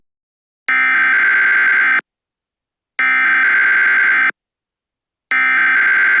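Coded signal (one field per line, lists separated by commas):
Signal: Emergency Alert System (SAME) tones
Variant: header bursts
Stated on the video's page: Fictional EAS scenario; simulated, not a real alert.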